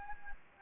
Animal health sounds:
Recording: mosquito wingbeat signal from an infrared sensor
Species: Anopheles gambiae

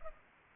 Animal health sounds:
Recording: mosquito wingbeat signal from an infrared sensor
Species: Aedes aegypti

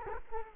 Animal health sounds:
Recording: mosquito wingbeat signal from an infrared sensor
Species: Culex quinquefasciatus

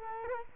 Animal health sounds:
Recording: mosquito wingbeat signal from an infrared sensor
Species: Culex quinquefasciatus

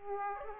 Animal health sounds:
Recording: mosquito wingbeat signal from an infrared sensor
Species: Aedes aegypti

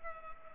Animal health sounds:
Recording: mosquito wingbeat signal from an infrared sensor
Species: Culex pipiens

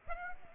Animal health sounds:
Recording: mosquito wingbeat signal from an infrared sensor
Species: Aedes aegypti

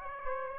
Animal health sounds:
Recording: mosquito wingbeat signal from an infrared sensor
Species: Aedes aegypti

